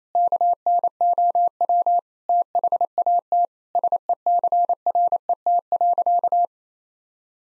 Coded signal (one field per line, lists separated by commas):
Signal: Morse code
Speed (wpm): 28 wpm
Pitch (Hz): 700 Hz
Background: none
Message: KNOW THAT SECRET.